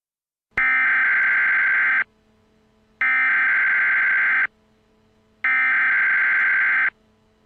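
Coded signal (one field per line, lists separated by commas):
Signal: Emergency Alert System (SAME) tones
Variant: header bursts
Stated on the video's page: Fictional EAS scenario.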